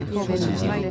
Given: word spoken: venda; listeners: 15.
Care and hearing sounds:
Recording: one Spanish word in noise, from a listening test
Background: eight-talker babble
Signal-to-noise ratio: -3.6 dB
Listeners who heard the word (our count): 0 of 15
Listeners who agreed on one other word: 7 of 15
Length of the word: 0.51 s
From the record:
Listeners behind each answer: 7, 2, 1, 1, 1, 1, 1, 1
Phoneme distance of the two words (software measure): 38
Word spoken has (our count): 2 syllables, 5 phonemes, stress on syllable 1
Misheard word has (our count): 2 syllables, 5 phonemes, stress on syllable 1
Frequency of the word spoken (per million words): 4.54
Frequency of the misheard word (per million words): 177.13

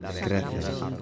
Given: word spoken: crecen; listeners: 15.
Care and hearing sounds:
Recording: one Spanish word in noise, from a listening test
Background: eight-talker babble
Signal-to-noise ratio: 0.9 dB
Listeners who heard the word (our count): 0 of 15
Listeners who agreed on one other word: 11 of 15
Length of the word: 0.62 s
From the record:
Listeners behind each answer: 11, 3, 1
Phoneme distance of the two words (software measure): 47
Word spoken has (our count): 2 syllables, 6 phonemes, stress on syllable 1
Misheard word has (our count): 2 syllables, 7 phonemes, stress on syllable 1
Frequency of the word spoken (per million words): 10.16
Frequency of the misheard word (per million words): 155.96

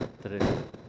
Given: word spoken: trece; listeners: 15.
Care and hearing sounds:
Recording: one Spanish word in noise, from a listening test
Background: noise modulated by one talker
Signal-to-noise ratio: -9.1 dB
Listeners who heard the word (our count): 2 of 15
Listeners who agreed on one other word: 11 of 15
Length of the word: 0.49 s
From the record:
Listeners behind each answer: 11, 2, 1, 1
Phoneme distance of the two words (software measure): 17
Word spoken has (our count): 2 syllables, 5 phonemes, stress on syllable 1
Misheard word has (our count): 1 syllable, 4 phonemes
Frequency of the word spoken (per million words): 22.04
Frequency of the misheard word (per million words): 718.03

